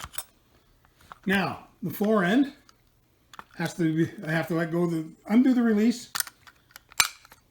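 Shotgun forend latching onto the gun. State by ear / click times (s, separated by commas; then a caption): seated / 7.0 s. Someone talks while undoing the release on the metal and wood forend of a Browning Recoilless Trap shotgun and moving it until it latches onto the gun. A single loud metallic clack at 7.0 s marks the forend locking into place, leaving the gun in firing mode.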